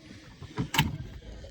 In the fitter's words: so once you hear it click it's locked